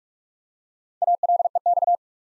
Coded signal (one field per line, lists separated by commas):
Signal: Morse code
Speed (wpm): 46 wpm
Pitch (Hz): 700 Hz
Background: none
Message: ALEX